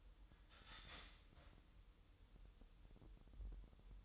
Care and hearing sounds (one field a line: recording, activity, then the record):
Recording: daily activity, microphone in the room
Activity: start toaster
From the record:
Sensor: 3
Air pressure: 988.6 hPa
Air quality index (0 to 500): 194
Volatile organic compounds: 295 ppm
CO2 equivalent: 4470 ppm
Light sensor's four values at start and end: 23/72/30/26 and 23/72/30/26